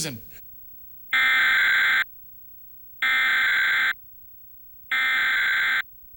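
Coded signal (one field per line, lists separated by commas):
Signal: Emergency Alert System (SAME) tones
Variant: header bursts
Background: speech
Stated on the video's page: Tornado Warning alert carried on Time Warner cable, from a personal recording collection.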